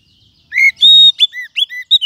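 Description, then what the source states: Lovebird giving a brief run of high chirps and a held whistled note, followed by quick, sliding squeaks. Used to lure lovebirds.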